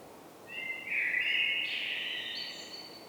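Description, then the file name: Common blackbird singing one rich fluted phrase that swells, then slides into thin higher squeaky notes toward the end, against soft background hiss. "Turdus merula"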